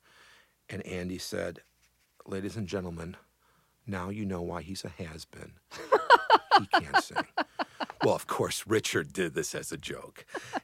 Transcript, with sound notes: And Andy said, "Ladies and gentlemen, now you know why he's a has-been."
(laughs)
"He can't sing." Well, of course, Richard did this as a joke,